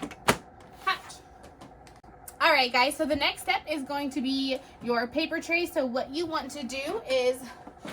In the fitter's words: so you'll shut those make sure it's clicked back in shut your hat